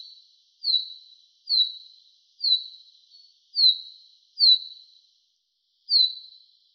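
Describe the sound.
Common chaffinch calling: a single high, sharply falling note with a short trailing tail, repeated about once a second with a brief pause near the end.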